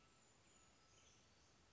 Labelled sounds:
Brown Creeper (Certhia americana)
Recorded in Sonoma County, California

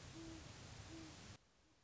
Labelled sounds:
Great Horned Owl (Bubo virginianus)
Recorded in Sonoma County, California

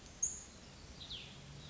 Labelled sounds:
Cassin's Vireo (Vireo cassinii)
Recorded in Sonoma County, California

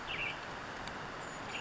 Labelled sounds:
Western Tanager (Piranga ludoviciana)
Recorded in Sonoma County, California

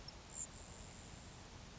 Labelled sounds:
Grasshopper Sparrow (Ammodramus savannarum)
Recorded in Sonoma County, California

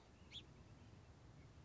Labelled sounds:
Song Sparrow (Melospiza melodia)
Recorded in Sonoma County, California

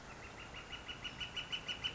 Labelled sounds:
Northern Flicker (Colaptes auratus)
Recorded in Sonoma County, California

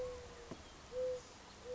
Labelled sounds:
Mourning Dove (Zenaida macroura)
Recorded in Sonoma County, California

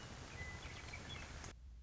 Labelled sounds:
Western Meadowlark (Sturnella neglecta)
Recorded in Sonoma County, California

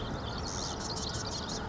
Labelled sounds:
Marsh Wren (Cistothorus palustris)
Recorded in Sonoma County, California

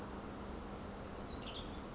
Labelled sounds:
Western Tanager (Piranga ludoviciana)
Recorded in Sonoma County, California

